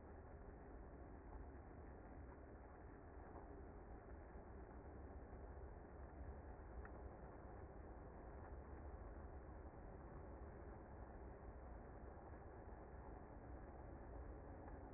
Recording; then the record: honeybee colony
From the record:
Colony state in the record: active